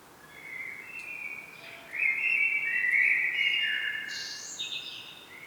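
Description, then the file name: Common blackbird with one long whistled phrase of steady held notes shifting up and down in steps, ending with a higher brief twitter and a final short note. "Turdus merula"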